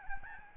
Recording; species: mosquito wingbeat signal from an infrared sensor; Aedes albopictus